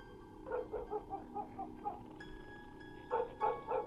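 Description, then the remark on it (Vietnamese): Dogs bark at about 3 a.m. at night in two quick runs of short, yappy barks, six or so, a pause, then three more, at moderate loudness over a steady low background hum and faint whistling tones. “Tiếng gió, tiếng sóng vỗ bờ từ đằng xa xen lẫn vào cái tiếng chó cắn ma cứ nhấm nha nhấm nhằng, đã buồn lại còn rát ruột.”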